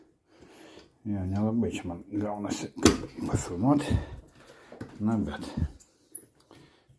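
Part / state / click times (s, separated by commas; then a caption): lid onto electric grinder body / seated / 6.2 s. Someone talks while closing the lid onto the body of an electric grinder before milling dried dandelion roots and chaga. A sharp click is heard at 6.2 s as the lid closes and locks in place.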